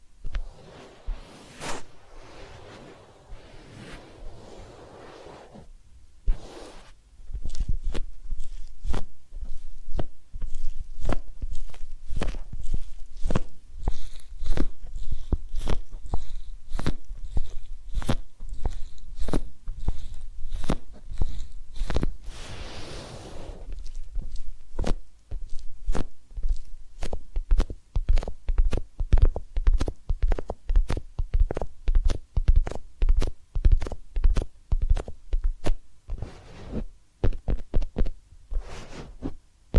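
Massage and ear cleaning sounds: after a few quiet seconds of scattered clicks, a dense run of sharp, crackling taps and rubs begins around six seconds and continues steadily to the end. Brief soft rustling swells appear near the start and around twenty-three seconds.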